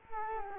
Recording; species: mosquito wingbeat signal from an infrared sensor; Culex quinquefasciatus